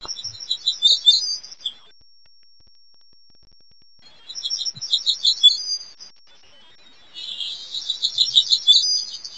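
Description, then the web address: Hermit warbler singing three high, buzzy phrases of rapid repeated notes, each about two seconds long, separated by pauses. Recorded in northwest California. "nwcal HEWA"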